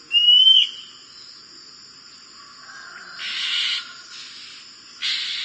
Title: Oriental Magpie-Robin (Copsychus saularis)